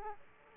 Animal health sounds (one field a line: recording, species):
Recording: mosquito wingbeat signal from an infrared sensor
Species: Aedes aegypti